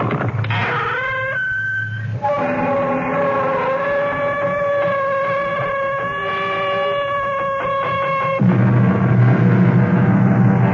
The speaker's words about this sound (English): Conscious all of us are who drive the freeways and the throughways of the behemoth of the road, the tractor-trailer truck. Most of the time we mumble under our breaths at the size of these 30, 40-ton monsters, particularly on wet nights when the rain